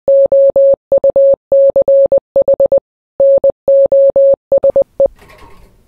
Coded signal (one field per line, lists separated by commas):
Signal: Morse code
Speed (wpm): 20 wpm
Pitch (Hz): 550 Hz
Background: none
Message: OUCH NOSE